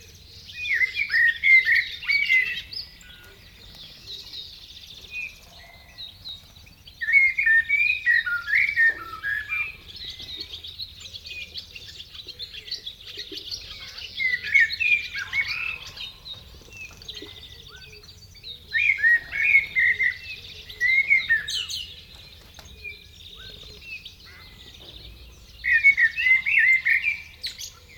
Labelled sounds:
Common Blackbird (Turdus merula) song

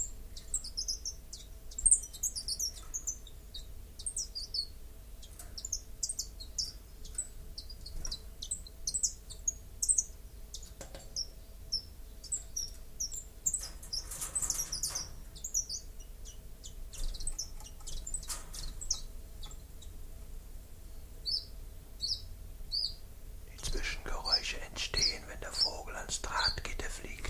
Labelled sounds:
Common Chiffchaff (Phylloscopus collybita) song

